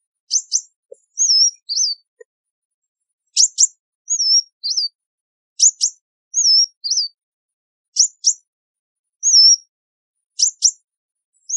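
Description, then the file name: Sunbird calls in a repeated pattern of paired high chips and squiggly whistled notes, given several times over a silent background. "Tieng chim hut mat"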